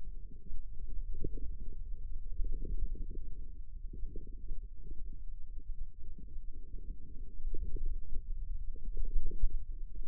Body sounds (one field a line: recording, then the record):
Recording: forearm muscle sounds (acoustic myography)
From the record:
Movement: ulnar deviation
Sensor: system 2, bracelet of six BSWA MPA416 microphones around the upper forearm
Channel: 6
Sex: male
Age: 22 years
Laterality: right